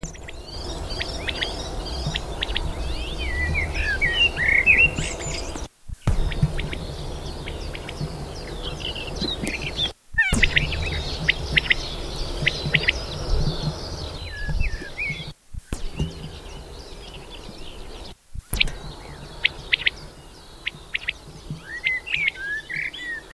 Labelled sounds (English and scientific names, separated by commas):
Common Quail (Coturnix coturnix) song